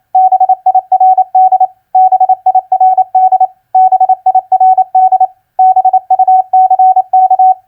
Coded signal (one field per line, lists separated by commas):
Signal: Morse code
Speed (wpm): 28 wpm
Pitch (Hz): 750 Hz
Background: none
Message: BIRD BIRD BIRD BUCK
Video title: Morse Code Practice Word Recognition FISH-BIRD-BUCK 28wpm Repeated